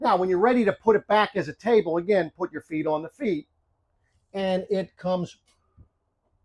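Someone talks while the folding table leg lock on a 2024 Grand Design Imagine 2920BS RV dinette table is handled, with the table being brought back up from bed position. A short faint knock sounds near 5.8 s after the talking stops, but nothing has seated or clicked yet; the leg has not locked in place.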